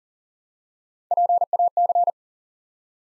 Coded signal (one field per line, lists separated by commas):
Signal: Morse code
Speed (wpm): 42 wpm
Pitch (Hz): 700 Hz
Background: none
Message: PAC